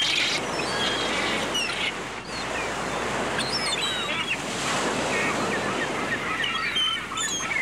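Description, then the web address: Gull calls, brief high squealing notes rising and falling in loose bursts, heard above constant crashing waves and surf noise. Recorded at the seashore with surf and waves. "bird seagull seagull and surf animal water ocean seashore waves"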